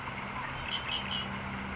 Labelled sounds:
Red-winged Blackbird (Agelaius phoeniceus)
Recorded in Sonoma County, California

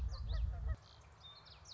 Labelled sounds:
Common Yellowthroat (Geothlypis trichas)
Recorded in Sonoma County, California

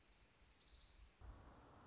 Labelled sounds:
Orange-crowned Warbler (Leiothlypis celata)
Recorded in Sonoma County, California

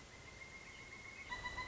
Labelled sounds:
Pileated Woodpecker (Dryocopus pileatus)
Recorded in Sonoma County, California

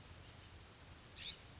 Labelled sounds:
California Scrub-Jay (Aphelocoma californica)
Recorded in Sonoma County, California

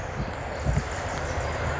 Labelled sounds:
Pacific Wren (Troglodytes pacificus)
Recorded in Sonoma County, California

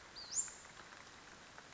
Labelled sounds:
Western Flycatcher (Empidonax difficilis)
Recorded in Sonoma County, California

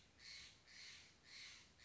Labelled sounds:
Steller's Jay (Cyanocitta stelleri)
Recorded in Sonoma County, California

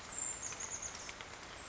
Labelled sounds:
Chestnut-backed Chickadee (Poecile rufescens)
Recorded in Sonoma County, California

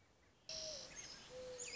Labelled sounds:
Mourning Dove (Zenaida macroura)
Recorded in Sonoma County, California

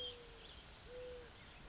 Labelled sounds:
Mourning Dove (Zenaida macroura)
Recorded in Sonoma County, California

